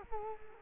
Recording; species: mosquito wingbeat signal from an infrared sensor; Culex quinquefasciatus